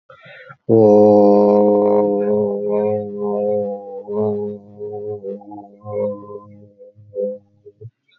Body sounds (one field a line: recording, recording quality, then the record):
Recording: sustained vowel as in boot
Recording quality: excellent, no background noise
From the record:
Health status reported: healthy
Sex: male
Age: 29 years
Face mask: not worn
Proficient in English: yes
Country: India